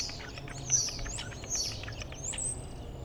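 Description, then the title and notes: Common starling singing high whistles that bend up and down, mixed with quick clicking chatter, over low background noise. Starlings outside a window in rural Goworów, Poland, mimicking various other species; rural birds imitate other birds, not car alarms; recorded with Zoom F4 and AT BP4025. "Goworów 6, 57-515, Poland - Starlings mimicking other species. Zainstalowały mi się za oknem szpaki i udają najróżniejsze inne dźwięki. Obok wcale nie ma stawu - to szpaki udają żaby. Tak samo z wołaniem żurawi - to słabsze głosy, ale ewidentny zaśpiew żurawia"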